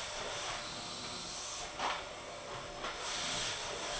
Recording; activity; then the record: daily activity, microphone in the room; vacuum cleaning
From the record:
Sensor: 5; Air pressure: 1000.2 hPa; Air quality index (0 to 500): 118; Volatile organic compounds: 1 ppm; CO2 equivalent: 939 ppm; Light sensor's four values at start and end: 143/336/144/156 and 143/336/144/156